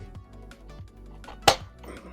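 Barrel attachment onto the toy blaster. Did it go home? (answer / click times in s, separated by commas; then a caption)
yes / 1.5 s. A plastic scar barrel attachment is fitted onto the front of an Aeon Pro X toy blaster, where it fits tightly. Several faint taps and small clicks come first, over background music. A sharp, loud click at 1.5 s shows the barrel clicking firmly into place.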